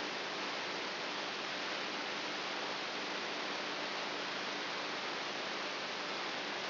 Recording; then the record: brain microelectrode recording played as sound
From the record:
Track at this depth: inside the subthalamic nucleus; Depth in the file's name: 2.44 mm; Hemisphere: right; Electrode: 3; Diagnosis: Parkinson's disease